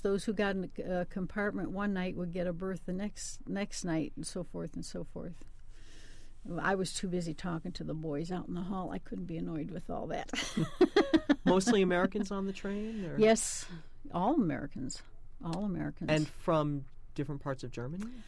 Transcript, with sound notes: Those who got a compartment one night would get a berth the next-- the next night and so forth and so forth. I was too busy talking to the boys out in the hall. I couldn't be annoyed with all that. [Laughs]
Mostly Americans on the train or?
Yes. All Americans, all Americans.
And from different parts of Germany?